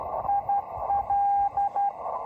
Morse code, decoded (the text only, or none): IL